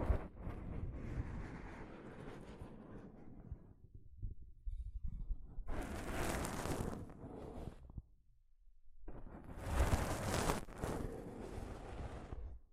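Soft fabric brushes against a microphone in rustling, rumbling passes. A long low scrub opens the clip and fades by about four seconds, then two brighter, hissing bursts follow around six and ten seconds, separated by near silence.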